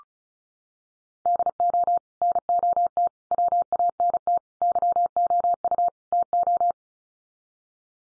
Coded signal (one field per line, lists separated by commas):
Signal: Morse code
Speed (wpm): 34 wpm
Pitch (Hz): 700 Hz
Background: none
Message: DO NOT WANT YOU TO